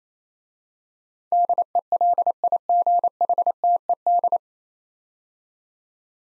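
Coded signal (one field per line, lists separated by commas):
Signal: Morse code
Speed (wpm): 29 wpm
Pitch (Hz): 700 Hz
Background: none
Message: DELIGHTED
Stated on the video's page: Morse practice drill of 9-letter words at 28 wpm for head-copy, each word sent twice.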